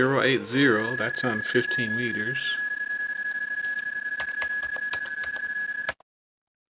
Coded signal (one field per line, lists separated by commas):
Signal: PSK31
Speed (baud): 31.25 baud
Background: speech